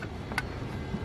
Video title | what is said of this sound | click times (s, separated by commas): 2006-2013 Mercedes-Benz S-Class W221 Blower Motor Replacement | right here and just push it up until it clicks make | 0.4 s